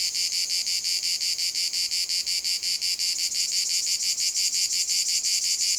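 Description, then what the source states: Cicada song, loud high-pitched buzz pulsing rhythmically about three times a second, continuous and regular for the whole stretch. Cicadas in a field at Domaine de la Sablière, Saint-Privat-de-Champclos, France; recorded with a Zoom H6 and M/S microphone.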